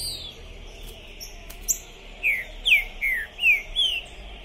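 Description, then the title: Green-winged saltator giving one short phrase of five clear, falling whistled notes. Captive trinca-ferro, 'pistoleiro' type, singing, chirping and 'macheando' (male display) while warming up for a singing contest, at the entrance of a tournament, 2021. "ESQUENTAR Seu TRINCA Piando, Cantando E Macheando Na DISPUTA. TRINCA FERRO ficou POSSUÍDO na PORTA do TORNEIO. Trinca Ferro Pistoleiro 2021"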